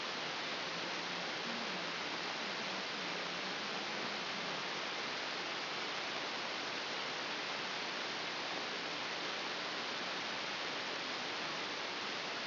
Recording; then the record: brain microelectrode recording played as sound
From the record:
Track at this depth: inside the subthalamic nucleus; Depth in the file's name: 6.109 mm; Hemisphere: left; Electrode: 2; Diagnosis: Parkinson's disease